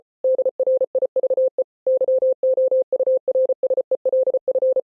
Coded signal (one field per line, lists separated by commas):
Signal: Morse code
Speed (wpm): 33 wpm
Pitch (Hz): 520 Hz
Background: none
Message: DRIVE YOURSELF